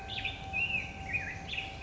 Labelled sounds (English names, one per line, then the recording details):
Black-headed Grosbeak
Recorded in Sonoma County, California